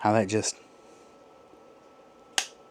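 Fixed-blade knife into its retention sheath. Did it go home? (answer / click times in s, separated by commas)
yes / 2.4 s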